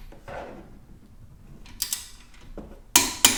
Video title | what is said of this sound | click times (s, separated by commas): Best Cordless Ratchet 2022 - Prostormer vs Husky | and the click. | 3.0 s